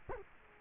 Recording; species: mosquito wingbeat signal from an infrared sensor; Culex quinquefasciatus